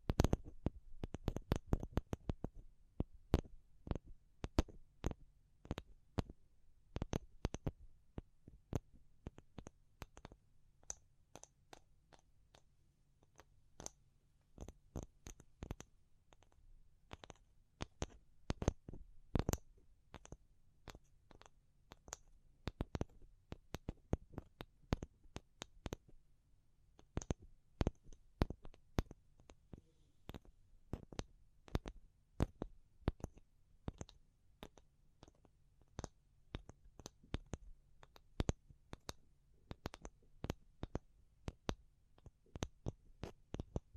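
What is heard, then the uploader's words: Sharp taps run all the way through, a fast dense flurry in the first few seconds, then an uneven patter that speeds up and slows down. Each tap is brief and crisp, some louder than others, over a soft low hum. ASMR Pure Tapping Fast and Slow (No Talking).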